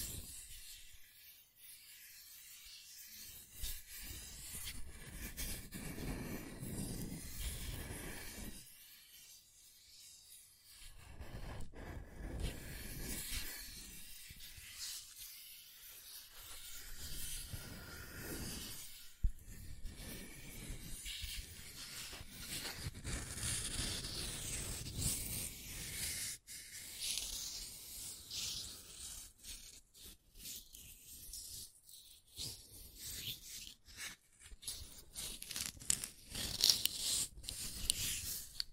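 Scratching and tracing sounds rub on and off in uneven strokes, with a dry, bright hiss running over the top and a rougher low rumble beneath. Brief pauses break the activity near 2, 9 and 16 seconds, and sharp clicks dot the busier final stretch.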